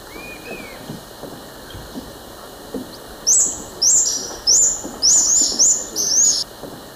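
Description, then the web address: Orange-fronted plushcrown calls: seven sharp, very high, upslurred notes given in quick succession over about three seconds, after a faint lower whistle near the start. Recorded in the eastern lowlands of South America. "Natures Songs S America Eastern Lowlands. Metopothrix aurantiaca, calls"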